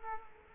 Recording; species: mosquito wingbeat signal from an infrared sensor; Culex quinquefasciatus